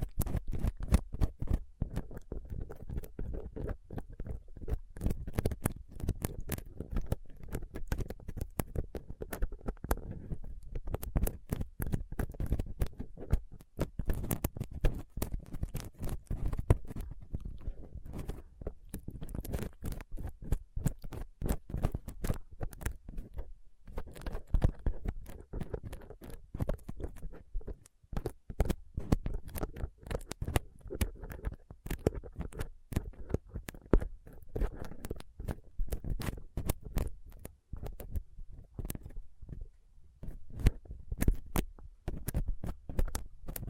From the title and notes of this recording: ASMR Rough Mic Picking using Dental PickTweezersCotton Swab (No Talking).